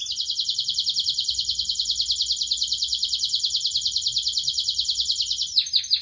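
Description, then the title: Atlantic canary singing one long, rapid, even trill, ending with a few quick descending notes. Canary (kenari) described as gacor, singing with the best cengkok and a very rich isian. "Kenari Gacor Cengkok Terbaik Isian Paling Mewah Kenarigacor Kicaumania Kenari"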